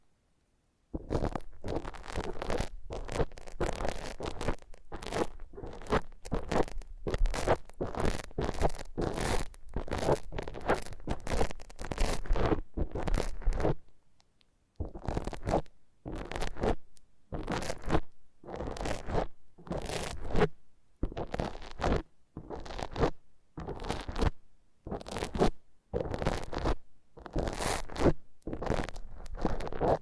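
A foam massage makes a steady run of rough rubbing and squeaking strokes, each lasting under a second and repeating at a brisk, fairly regular pace. The strokes sound scratchy and zipper-like, with a short pause near the halfway point before they continue.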